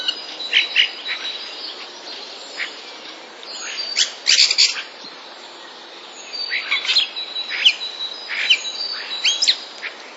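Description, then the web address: Common starling song of sparrow-like chirps and clicking chatter, a loud burst near the middle, then a lively run of varied chirps. Starling song containing sounds borrowed from sparrows. "wroblowe zapozyczenia szpaki"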